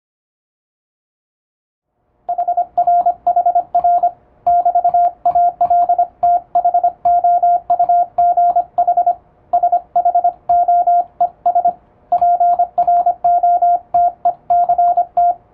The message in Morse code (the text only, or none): HR HR <BT> ALTHOUGH SHOES PROTECT